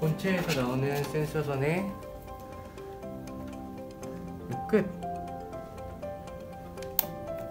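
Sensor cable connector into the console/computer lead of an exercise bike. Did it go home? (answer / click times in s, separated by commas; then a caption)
yes / 7.0 s. While a console is mounted on an Igojin 171S spin bike, the plastic sensor cable connector is pushed together with the console lead as someone talks over background music. A sharp click at 7.0 s confirms the connector has seated.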